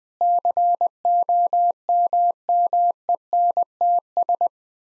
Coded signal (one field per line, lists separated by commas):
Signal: Morse code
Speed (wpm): 20 wpm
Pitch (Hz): 700 Hz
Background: none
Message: COMMENTS